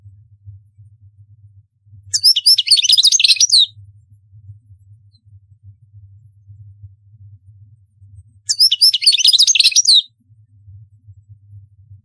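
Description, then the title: European goldfinch giving two separate short bursts of fast, jingling twitters, about six seconds apart, with a low hum between them. "Chant Chardonneret"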